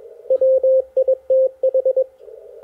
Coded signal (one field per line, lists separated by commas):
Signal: Morse code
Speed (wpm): 20 wpm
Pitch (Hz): 530 Hz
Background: radio noise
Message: WITH